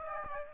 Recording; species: mosquito wingbeat signal from an infrared sensor; Aedes aegypti